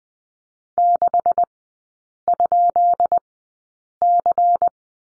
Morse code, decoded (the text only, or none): 6?C